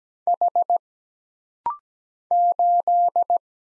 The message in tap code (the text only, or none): none